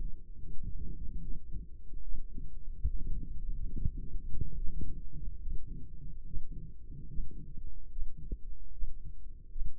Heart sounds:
heart sounds by microphone in the right ear; 72 bpm
0.38 s: heartbeat
1.20 s: heartbeat
2.02 s: heartbeat
2.86 s: heartbeat
3.73 s: heartbeat
4.57 s: heartbeat
5.41 s: heartbeat
6.26 s: heartbeat
7.09 s: heartbeat
7.91 s: heartbeat
8.73 s: heartbeat
9.51 s: heartbeat
From the record:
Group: healthy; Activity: breath hold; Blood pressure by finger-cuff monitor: 119/60 mmHg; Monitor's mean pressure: 82 mmHg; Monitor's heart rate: 72 bpm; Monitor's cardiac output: 7.8 L/min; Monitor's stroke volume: 109 mL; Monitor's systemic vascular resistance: 790 dyn s/cm5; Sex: female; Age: 22 years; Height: 154 cm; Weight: 58.7 kg

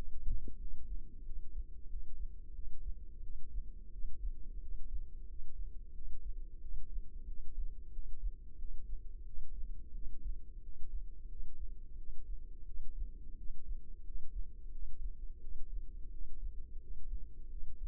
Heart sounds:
heart sounds by microphone in the left ear; 89 bpm
0.57 s: heartbeat
1.23 s: heartbeat
1.87 s: heartbeat
2.52 s: heartbeat
3.20 s: heartbeat
3.90 s: heartbeat
4.59 s: heartbeat
5.26 s: heartbeat
5.92 s: heartbeat
6.59 s: heartbeat
7.25 s: heartbeat
7.90 s: heartbeat
8.56 s: heartbeat
9.24 s: heartbeat
9.92 s: heartbeat
10.60 s: heartbeat
11.27 s: heartbeat
11.95 s: heartbeat
12.64 s: heartbeat
13.35 s: heartbeat
14.02 s: heartbeat
14.70 s: heartbeat
15.39 s: heartbeat
16.09 s: heartbeat
16.78 s: heartbeat
17.47 s: heartbeat
From the record:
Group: healthy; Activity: rest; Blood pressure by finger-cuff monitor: 70/48 mmHg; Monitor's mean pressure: 57 mmHg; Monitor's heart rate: 89 bpm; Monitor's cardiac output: 6.9 L/min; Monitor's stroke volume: 77 mL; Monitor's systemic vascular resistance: 570 dyn s/cm5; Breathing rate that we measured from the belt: 20 breaths a minute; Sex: female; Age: 19 years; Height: 163 cm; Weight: 48.9 kg

